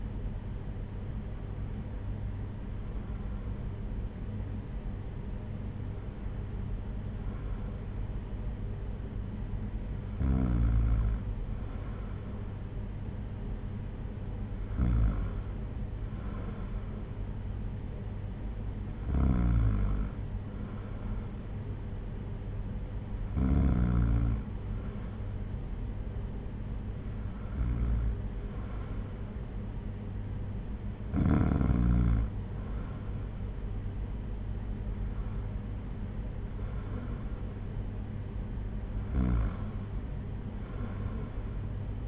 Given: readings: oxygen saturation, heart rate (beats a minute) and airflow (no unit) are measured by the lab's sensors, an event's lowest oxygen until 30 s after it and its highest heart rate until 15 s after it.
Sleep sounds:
breathing in sleep by a smartphone at the bedside; none
none scored
From the record:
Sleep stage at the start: N2 (light sleep); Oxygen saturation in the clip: 94 to 95%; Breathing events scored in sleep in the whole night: 226 in 8.8 hours asleep

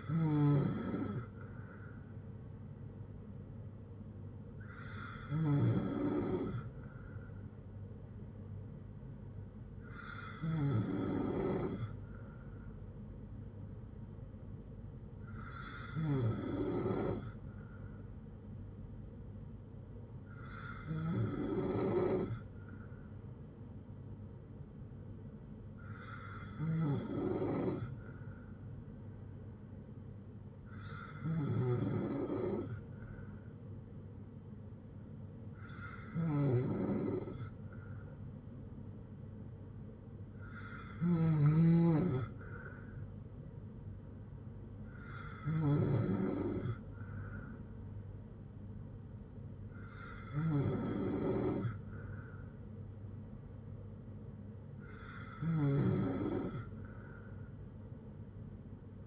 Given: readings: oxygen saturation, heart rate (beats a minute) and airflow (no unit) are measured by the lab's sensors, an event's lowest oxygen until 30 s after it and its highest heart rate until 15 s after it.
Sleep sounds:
breathing in sleep by a smartphone at the bedside; none
31.00-59.07 s: new sleep stage, N3 (deep sleep)
From the record:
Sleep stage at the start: N2 (light sleep); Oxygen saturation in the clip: 94 to 95%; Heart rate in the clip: 54 to 74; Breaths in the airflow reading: 12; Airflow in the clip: -6.6 to 4.3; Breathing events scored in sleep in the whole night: 182 in 7.4 hours asleep

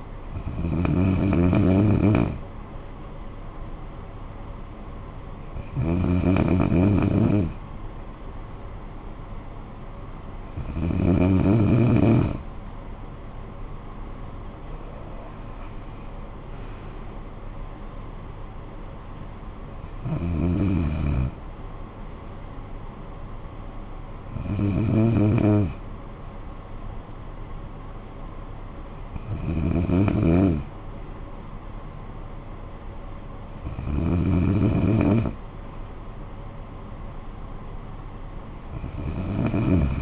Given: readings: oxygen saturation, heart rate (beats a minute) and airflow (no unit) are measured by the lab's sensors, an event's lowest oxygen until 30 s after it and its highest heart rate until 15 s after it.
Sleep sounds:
breathing in sleep by a smartphone at the bedside; none
none scored
From the record:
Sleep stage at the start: N2 (light sleep); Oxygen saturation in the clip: 94 to 95%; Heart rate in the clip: 52 to 71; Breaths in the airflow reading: 8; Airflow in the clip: -14.9 to 8.3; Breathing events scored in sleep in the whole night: 445 in 7.6 hours asleep

